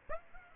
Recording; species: mosquito wingbeat signal from an infrared sensor; Aedes aegypti